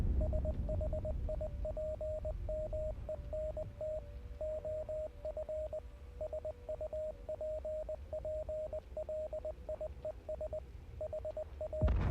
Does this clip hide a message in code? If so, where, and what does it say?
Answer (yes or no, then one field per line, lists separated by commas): yes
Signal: Morse code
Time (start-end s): 0.2-11.9 s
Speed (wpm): 19 wpm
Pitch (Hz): 620 Hz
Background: radio noise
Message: SHIPMENT OF SUPPLIES HA